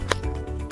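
The bottom section of a folding aluminum Cascade Mountain Tech trekking pole (2022) is pushed into its neighbouring section and snaps into place with a sharp click at 0.1 s, followed by a softer knock near 0.7 s over steady background music. The section is seated.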